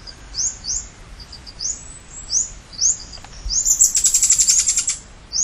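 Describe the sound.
Camiguin hanging parrot calls: a series of shrill, upslurred squeaks, then a fast buzzy chattering run before a final squeak, with a constant background hiss.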